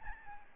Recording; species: mosquito wingbeat signal from an infrared sensor; Aedes albopictus